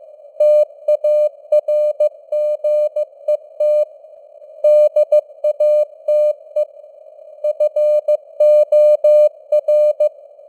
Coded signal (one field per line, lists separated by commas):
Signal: Morse code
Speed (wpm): 15 wpm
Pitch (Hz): 600 Hz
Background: none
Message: TARGET DATE FOR